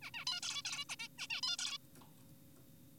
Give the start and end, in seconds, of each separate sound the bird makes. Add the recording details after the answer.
0.02-0.11, 0.14-0.25, 0.27-0.41, 0.42-0.62, 0.65-0.84, 0.89-0.96, 1.00-1.08, 1.19-1.27, 1.30-1.41, 1.43-1.57, 1.59-1.78. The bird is an adult. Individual g4p5U